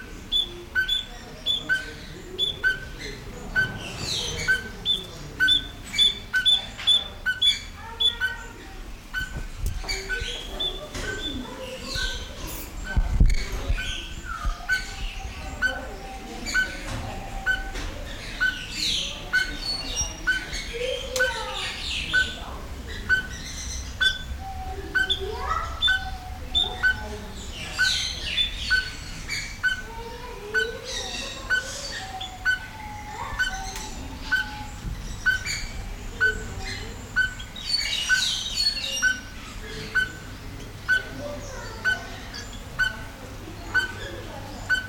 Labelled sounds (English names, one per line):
Speckled Tinkerbird call